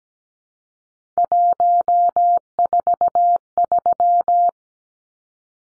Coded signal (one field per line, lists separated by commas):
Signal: Morse code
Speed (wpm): 17 wpm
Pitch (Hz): 700 Hz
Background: none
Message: 143